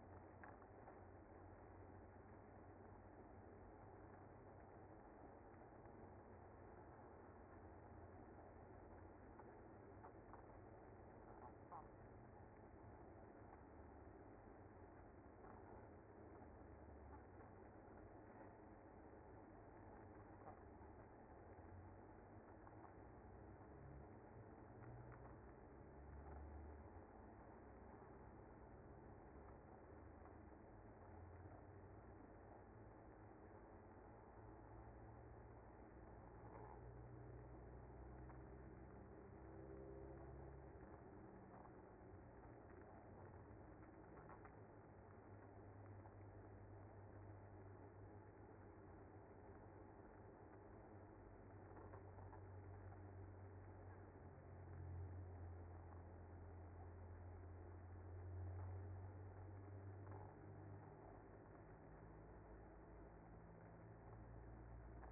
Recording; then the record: honeybee colony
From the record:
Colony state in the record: active